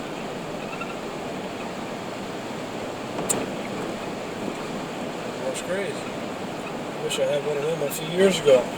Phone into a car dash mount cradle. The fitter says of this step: sticks right in there locks into place more